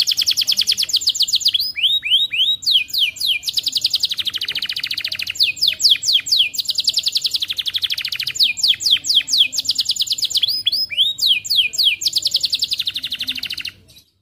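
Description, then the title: Atlantic canary singing nonstop: long buzzy high trills alternate with bursts of quick slurred chirps, phrases changing every few seconds before the song stops near the end. Energetic, persistently singing canary ('gacor') with the best 'cengkok' song phrasing and the richest 'isian' song content. "Kenari Gacor Cengkok Terbaik Isian Paling Mewah Kenarigacor Kicaumania Kenari"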